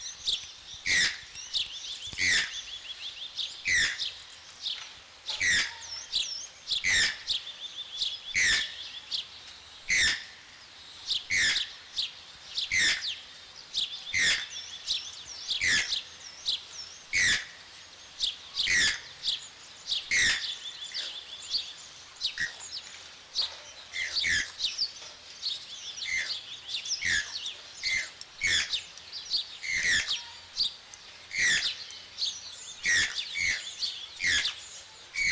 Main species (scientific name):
Ramphastos vitellinus